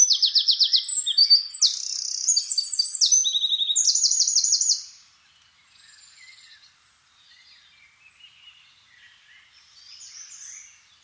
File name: Troglodytes troglodytes